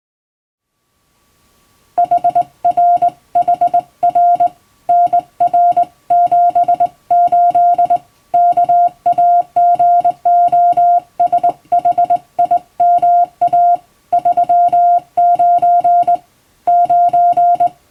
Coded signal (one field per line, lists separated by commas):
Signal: Morse code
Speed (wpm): 21 wpm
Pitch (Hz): 700 Hz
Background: music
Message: HRHR NR78 KAGOSHIMA 39 9